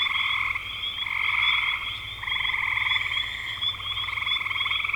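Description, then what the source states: Frog chorus of dense, overlapping pulsed trills, nearly continuous with brief dips in loudness. Recorded in spring 2025.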